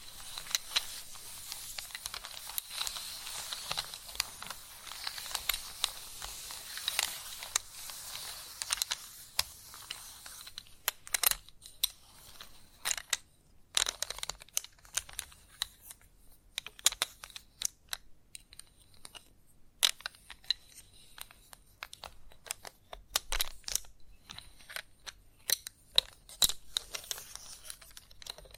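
Chalk scratching and tapping: a dense, hissy scrape for the first ten seconds, then irregular sharp taps and short scratches with pauses.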